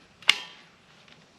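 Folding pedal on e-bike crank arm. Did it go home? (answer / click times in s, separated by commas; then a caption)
yes / 0.3 s. A folding pedal on an e-bike crank arm is let up and locks itself into place automatically when raised. A soft rustle just before leads into a sharp, loud click at 0.3 s that rings down over about half a second, followed by a faint tick near 1.1 s. The pedal is seated and locked.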